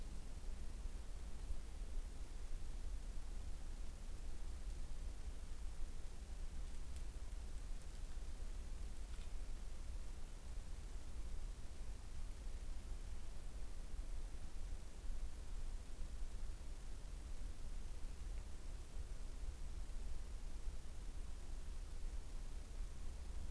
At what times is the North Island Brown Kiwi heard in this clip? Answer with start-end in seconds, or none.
none